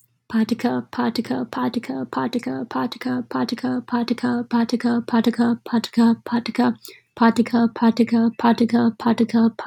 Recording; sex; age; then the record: repeated syllables /pa ta ka/; female; 20 to 29 years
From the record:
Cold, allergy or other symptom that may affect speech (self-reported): no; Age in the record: 21 years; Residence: Wisconsin, United States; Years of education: 15